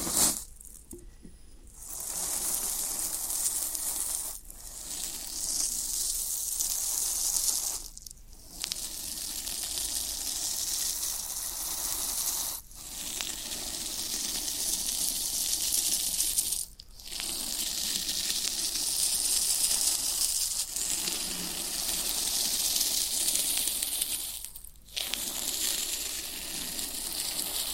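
Floral foam being worked, producing long stretches of bright, gritty hissing and crumbling texture. The sound runs steadily for several seconds at a time, broken by brief pauses around every four seconds, with faint crackles and small scrapes scattered through it.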